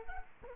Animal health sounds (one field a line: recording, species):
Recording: mosquito wingbeat signal from an infrared sensor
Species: Culex quinquefasciatus